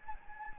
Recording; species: mosquito wingbeat signal from an infrared sensor; Anopheles gambiae